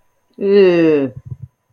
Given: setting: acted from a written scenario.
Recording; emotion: vocal sound without words; disgust